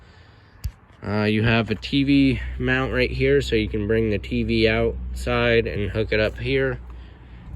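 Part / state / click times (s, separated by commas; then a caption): stovetop vent cover into RV exterior vent housing / seated / 0.6 s. The hinged exterior stovetop vent cover on the sidewall of a 2021 Vista Cruiser 23BHS RV is snapped shut into its vent housing, so water and bugs can't get in. A single sharp click is heard at 0.6 s, and the cover seats in place. Someone then talks.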